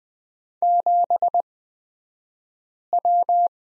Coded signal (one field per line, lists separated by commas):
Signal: Morse code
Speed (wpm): 20 wpm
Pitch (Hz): 700 Hz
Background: none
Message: 7W